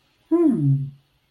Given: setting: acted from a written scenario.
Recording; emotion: vocal sound without words; interest